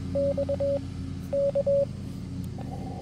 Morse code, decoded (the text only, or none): X K